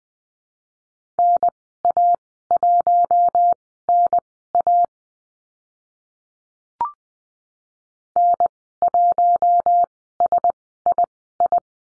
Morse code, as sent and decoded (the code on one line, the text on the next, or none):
-. .- .---- -. .- / -. .---- ... .. ..
NA1NA N1SII